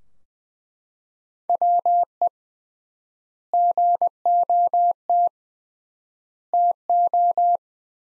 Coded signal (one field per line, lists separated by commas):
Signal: Morse code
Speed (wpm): 21 wpm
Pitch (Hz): 700 Hz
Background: none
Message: WE GOT TO